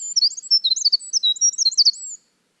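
Winter wren twittering rapidly, a dense two-second jumble of very high, squeaky notes and short slurs with no pauses.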